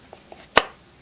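A knife is pushed into a wet-formed leather sheath dyed black, finished with three coats of black dye and three coats of leather protectant. Two faint soft taps at about 0.1 and 0.3 seconds come before one sharp, loud click at 0.6 seconds. The knife sits home in the sheath with a firm, positive click.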